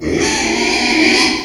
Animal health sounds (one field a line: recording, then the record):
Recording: squeal of a Yucatan mini pig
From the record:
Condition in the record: after surgery on the right vocal fold (resection and tissue-engineered implant)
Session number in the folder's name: 2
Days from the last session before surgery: 13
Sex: male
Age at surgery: 12 weeks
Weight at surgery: 13 kg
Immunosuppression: cyclosporine, prednisolone